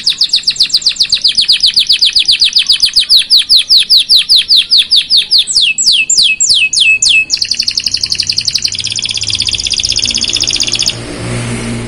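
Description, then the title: Belgian canary song with a long series of quick, falling, swept notes, several per second, then a dense, rapid, high trill that stops abruptly. Black-red Belgian canary song, loud and persistent, played to warm up and stimulate canaries to sing. "Canto Para Esquentar Canário Belga. Suara Burung Kenari Black red Gacor Dor"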